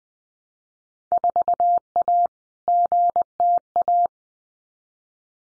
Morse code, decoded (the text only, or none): 4A GTA